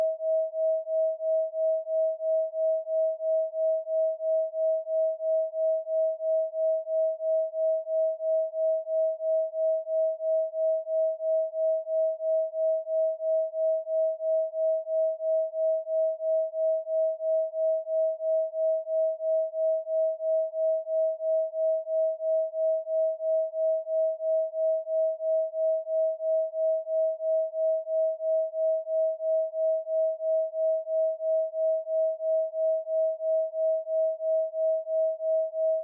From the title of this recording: 3Hz Delta Binaural beat with 639Hz & 642Hz